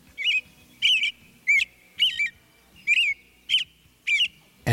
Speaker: Here's the lovely but more methodical song of the American robin.